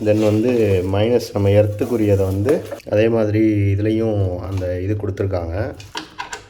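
Someone talks while handling the earth (minus) cable plug of a welding machine, about to push it into the welder's panel output socket and lock it, just as the plus electrode cable was. Two short sharp handling sounds come at 6.2 s and 6.3 s near the end. Nothing has seated or locked yet.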